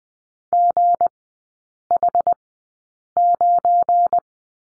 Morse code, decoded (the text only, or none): GH9